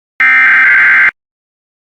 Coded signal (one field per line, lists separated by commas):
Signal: Emergency Alert System (SAME) tones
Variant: header bursts